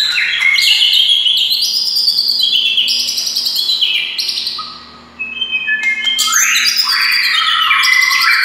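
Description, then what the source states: White-rumped shama song: busy high twittering and descending whistles, a short lull, then an energetic burst of varied notes. Wild white-rumped shama (murai hutan).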